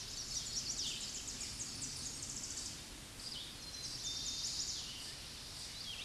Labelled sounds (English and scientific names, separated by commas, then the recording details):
Chestnut-sided Warbler (Setophaga pensylvanica) song
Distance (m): 45 m
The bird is about 10 m above the microphone
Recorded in a Pennsylvania forest on 16 May 2024 at 08:16
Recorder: AudioMoth, point MSD-2061
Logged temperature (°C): 16.1 °C
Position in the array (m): 184 m, 189 m